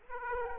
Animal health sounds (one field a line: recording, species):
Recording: mosquito wingbeat signal from an infrared sensor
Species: Aedes aegypti